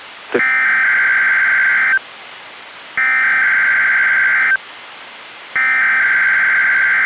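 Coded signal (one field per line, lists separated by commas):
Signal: Emergency Alert System (SAME) tones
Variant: header bursts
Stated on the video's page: Required weekly tests from the National Weather Service relayed by a NOAA Weather Radio station, recorded directly from a Reecom R-1630 weather radio into a Zoom H1 recorder.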